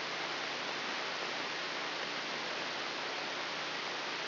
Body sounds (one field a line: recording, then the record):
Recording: brain microelectrode recording played as sound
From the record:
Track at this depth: inside the subthalamic nucleus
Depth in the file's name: 3.908 mm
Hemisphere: left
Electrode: 3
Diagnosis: Parkinson's disease